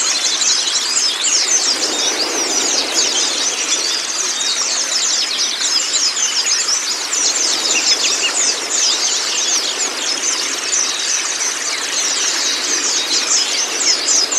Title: mster Mnuk. Terapi Pleci Bisu Menjadi Gacor Abis. Masteran Pleci Kacamata Si Putih